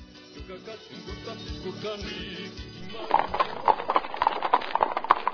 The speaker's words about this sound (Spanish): Con un performance se dio la inauguración de la exposición. Se escuchó el sonido de las pezuñas de dos caballos que entraban en la sala Osvaldo Guayasamín, cargados de dos televisiones LCD y que emitían el contenido de realidad política,